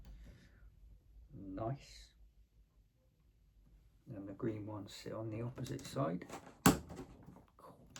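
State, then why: Seated. Someone talks while green plastic building-set bricks are pressed onto the opposite side of a model. A sharp click sounds at 6.7 s and another at 8.0 s as the pieces seat and click into place.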